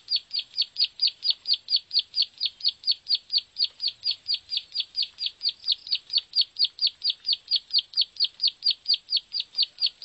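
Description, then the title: Bar-winged prinia delivering a steady stream of bright, high, clipped notes at a quick, even pace from start to finish, the background otherwise quiet. "Suara Burung Ciblek"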